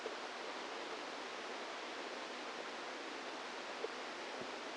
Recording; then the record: brain microelectrode recording played as sound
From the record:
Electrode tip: outside the subthalamic nucleus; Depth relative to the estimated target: -4 mm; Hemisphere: right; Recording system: NeuroSet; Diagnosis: Parkinson's disease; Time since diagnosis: 10 years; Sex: female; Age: 45 years